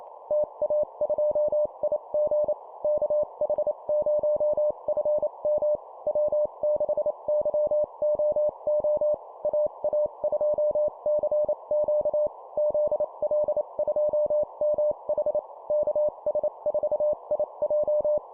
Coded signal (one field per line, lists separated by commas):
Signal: Morse code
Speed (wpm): 28 wpm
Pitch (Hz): 600 Hz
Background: none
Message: TA2IG KH0FM W6YOO AA2CQ ZL2MH KS4IJ